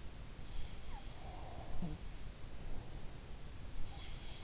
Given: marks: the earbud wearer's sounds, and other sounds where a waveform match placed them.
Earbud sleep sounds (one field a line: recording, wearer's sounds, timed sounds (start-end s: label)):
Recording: sounds in sleep by an in-ear microphone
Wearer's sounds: breath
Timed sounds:
0.74-3.32 s: sound from someone else or the room
1.15-3.31 s: breath
3.57-4.44 s: sound from someone else or the room